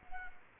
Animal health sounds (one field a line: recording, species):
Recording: mosquito wingbeat signal from an infrared sensor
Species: Culex quinquefasciatus